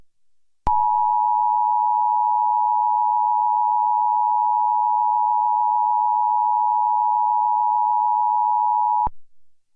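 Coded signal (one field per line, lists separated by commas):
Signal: Emergency Alert System (SAME) tones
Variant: 853 and 960 Hz attention tone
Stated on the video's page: Recreation of the first national EAS test.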